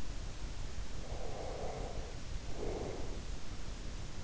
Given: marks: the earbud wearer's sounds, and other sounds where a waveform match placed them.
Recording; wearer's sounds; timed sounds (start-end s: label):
sounds in sleep by an in-ear microphone; breath
1.00-3.40 s: breath